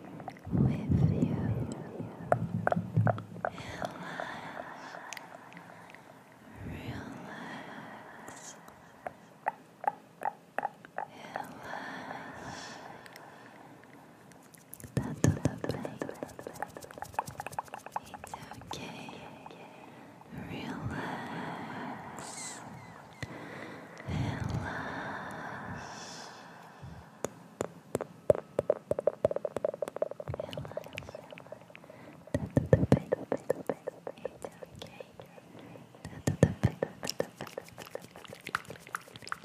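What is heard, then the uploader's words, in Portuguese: Wet mouth sounds continue throughout, with dense clicks, smacks and soft whispery breaths. Bursts of rapid clicking arrive in clusters every few seconds, with louder thuds near 15, 24 and 33 seconds between softer murmuring stretches. ASMR COM ECO: SONS DE BOCA INFINITOS. ASMR intenso com sons de boca molhados.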